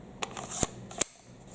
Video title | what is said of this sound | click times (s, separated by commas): AC Unity Glock Mag compatibility, Glock Gen 3 & 4 and MagPul MagWell | 17 rounders fit just fine and you could hear the click of the magazine sitting | 1.0 s